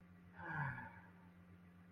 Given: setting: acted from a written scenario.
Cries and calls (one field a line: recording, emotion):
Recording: vocal sound without words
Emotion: serenity